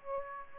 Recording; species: mosquito wingbeat signal from an infrared sensor; Aedes aegypti